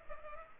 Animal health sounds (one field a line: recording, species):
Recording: mosquito wingbeat signal from an infrared sensor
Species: Culex pipiens